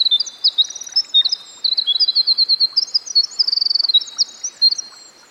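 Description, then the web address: Winter wren singing a rapid, high, bubbling run of trills and twittering notes, with faint hiss behind. Recorded by a stream. "Dan Gibson Songbirds By The Stream. Winter Wren"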